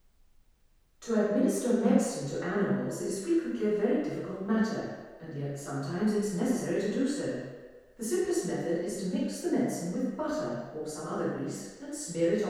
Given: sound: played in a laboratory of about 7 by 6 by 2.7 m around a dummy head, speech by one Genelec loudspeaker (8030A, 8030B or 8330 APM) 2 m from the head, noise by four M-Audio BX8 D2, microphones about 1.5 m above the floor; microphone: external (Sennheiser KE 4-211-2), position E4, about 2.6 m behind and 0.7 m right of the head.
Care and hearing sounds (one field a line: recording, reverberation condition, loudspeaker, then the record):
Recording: female speech in English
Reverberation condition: high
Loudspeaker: 90 degrees to the left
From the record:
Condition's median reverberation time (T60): about 1300 ms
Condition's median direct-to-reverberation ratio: about -4.0 dB